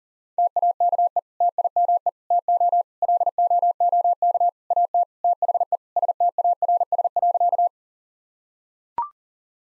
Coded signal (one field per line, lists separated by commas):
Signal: Morse code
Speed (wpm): 40 wpm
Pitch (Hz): 700 Hz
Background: none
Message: TAKE TIME TO LOOK AT THE STARS.